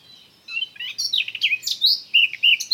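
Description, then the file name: Eurasian blackcap song, a fast run of varied warbling notes with clear whistled phrases near the end, the phrases starting after a brief quiet opening. "Sylvia atricapilla"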